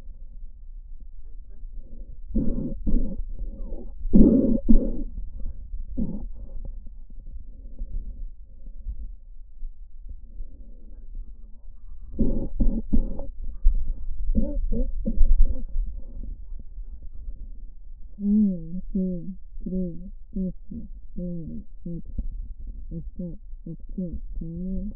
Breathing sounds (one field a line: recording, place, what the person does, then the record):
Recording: lung sounds by stethoscope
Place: left anterior apical chest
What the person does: quiet breathing, then cough and speech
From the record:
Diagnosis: asthma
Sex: female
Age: 56 years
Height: 161 cm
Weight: 85 kg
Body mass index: 32.8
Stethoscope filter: diaphragm mode